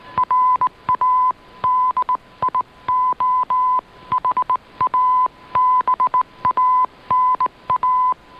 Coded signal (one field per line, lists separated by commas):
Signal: Morse code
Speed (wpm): 18 wpm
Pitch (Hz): 1010 Hz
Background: none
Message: RADIO HABANA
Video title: Radio Havana Cuba DXers Unlimited Feb 7 2017 on 15140Khz Shortwave radio